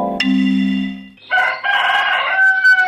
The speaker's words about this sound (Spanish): Abrí el ojo con el primer canto del gallo esa mañana.